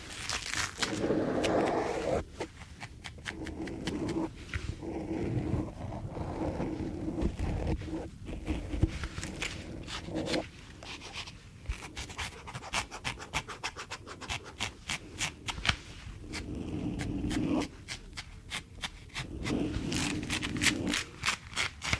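Gloves are rubbed, stretched and crinkled, with dense bursts of sharp crackles and snaps. Softer stretches of smooth rubbing return every few seconds, and the sounds vary in intensity throughout with no steady rhythm.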